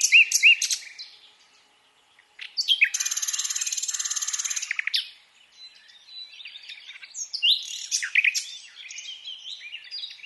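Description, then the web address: Common nightingale song: loud chirps, a pause, a long even buzzing trill of very fast notes, then varied twittering phrases. "SETE Luscinia megarhynchos"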